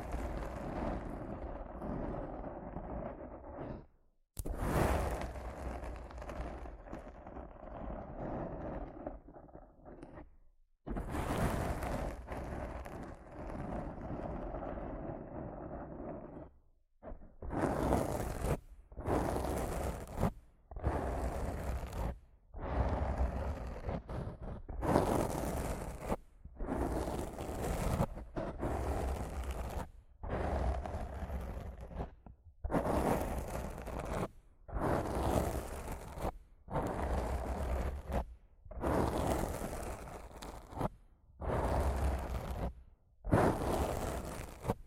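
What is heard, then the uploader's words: Rough scratching and brushing against a microphone, beginning with long, dense rasping passages broken by brief silences near 4 and 10 seconds. From about 17 seconds it turns into short, regular strokes, each a burst of gritty scraping with a low rumble, separated by quick pauses. ASMR Rough Mic Scratching & Brushing (No Talking).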